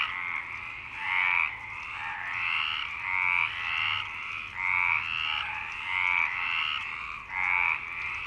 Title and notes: Marseille, Provence-Alpes-Côte d'Azur, France - 26_03_11_19_35 Longchamps_004 grenouilles. Grenouilles au parc de Longchamp